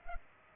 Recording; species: mosquito wingbeat signal from an infrared sensor; Culex pipiens